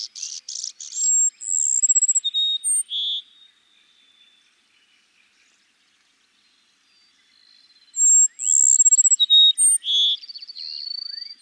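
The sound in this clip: Cassin's sparrow song: high whistled notes and a rapid pulsed trill, given twice with a long quiet gap between.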